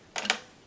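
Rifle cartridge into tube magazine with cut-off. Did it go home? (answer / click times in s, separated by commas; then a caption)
yes / 0.3 s. A metal cartridge is pushed down into the tube magazine of an Italian Vetterli M1870/87 rifle while the magazine cut-off is demonstrated. A brief scraping rattle begins at about 0.2 s, then a sharp metallic click at 0.3 s as the cartridge seats home.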